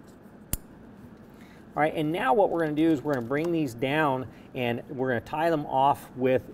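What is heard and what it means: A wiring harness plug snaps into a power step controller module, part of an AMP Research PowerStep Vision being installed on a 2021 Ford F-150, with a sharp click at 0.5 s confirming it is fully seated. Then someone talks.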